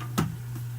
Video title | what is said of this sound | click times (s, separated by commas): how to change a hard drive in a laptop updated version | sure that it clicks into place like so then once | 0.2 s